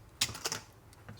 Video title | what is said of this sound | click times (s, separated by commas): How to: NSX Engine Hatch Struts - 1991-2005 (Beginner friendly!) | So once it goes all the way up locks in place like that. | 0.2 s